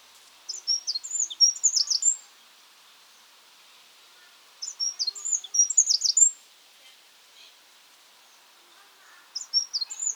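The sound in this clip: Eurasian wren, loud rattling phrases of high, rapid notes, repeated roughly every four seconds, with gentle hiss in the background.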